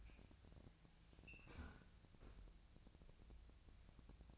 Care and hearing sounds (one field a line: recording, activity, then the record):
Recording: daily activity, microphone in the room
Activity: close fridge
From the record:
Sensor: 2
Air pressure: 999.9 hPa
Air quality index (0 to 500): 122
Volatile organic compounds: 2 ppm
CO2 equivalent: 1051 ppm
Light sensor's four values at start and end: 32/81/35/38 and 32/81/35/38